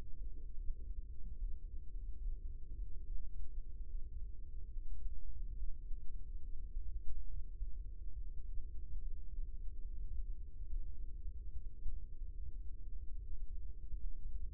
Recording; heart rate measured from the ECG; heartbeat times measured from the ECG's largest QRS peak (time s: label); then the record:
heart sounds by microphone in the right ear; 71 bpm
0.54 s: heartbeat
1.37 s: heartbeat
2.19 s: heartbeat
3.02 s: heartbeat
3.85 s: heartbeat
4.69 s: heartbeat
5.55 s: heartbeat
6.40 s: heartbeat
7.25 s: heartbeat
8.12 s: heartbeat
8.97 s: heartbeat
9.82 s: heartbeat
10.67 s: heartbeat
11.49 s: heartbeat
12.32 s: heartbeat
13.16 s: heartbeat
13.98 s: heartbeat
From the record:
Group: healthy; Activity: Valsalva maneuver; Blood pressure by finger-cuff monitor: 121/72 mmHg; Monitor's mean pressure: 89 mmHg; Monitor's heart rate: 72 bpm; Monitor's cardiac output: 6.5 L/min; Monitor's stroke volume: 91 mL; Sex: female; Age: 22 years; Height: 160 cm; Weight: 63 kg